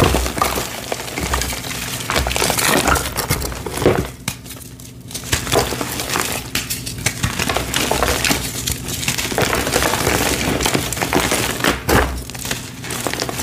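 Blocks of gym chalk being crushed, with dense, continuous crumbling and crackling that barely pauses. Sharp snaps and crunchy bursts come every second or so, brightest near twelve seconds, with a brief softer lull around four to five seconds.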